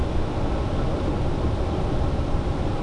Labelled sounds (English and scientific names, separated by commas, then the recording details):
none
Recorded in Germany
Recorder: ecoPi